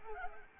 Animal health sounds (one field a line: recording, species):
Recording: mosquito wingbeat signal from an infrared sensor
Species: Anopheles arabiensis